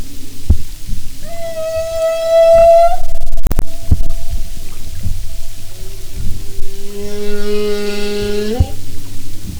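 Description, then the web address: Humpback whale moans: a steady harmonic tone early, a sharp crack, then a lower two-part rising tonal note, over low knocking noise. "Marine Mammals humpback"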